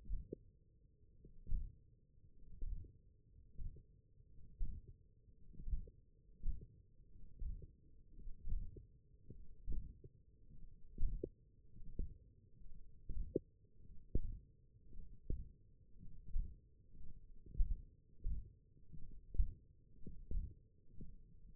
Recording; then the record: forearm muscle sounds (acoustic myography)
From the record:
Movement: radial deviation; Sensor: system 1, eight BSWA MPA416 microphones around the upper forearm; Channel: 4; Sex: male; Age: 21 years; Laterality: right